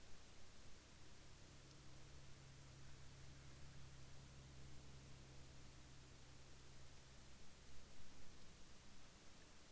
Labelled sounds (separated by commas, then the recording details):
aircraft
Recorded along the Dempster Highway, Canada, on 8 May 2019 at 21:16
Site 14